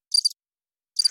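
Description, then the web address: Cricket chirp: a high, trilled chirp of a few quick pulses, then a second chirp starting at the end, with silence between. Single chirp. "sound-effects-bible Cricket Single Chirp"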